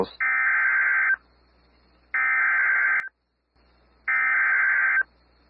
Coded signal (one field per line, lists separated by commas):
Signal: Emergency Alert System (SAME) tones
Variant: header bursts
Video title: EAS 114 at Sun Jun 08 2025 6:02:07 PM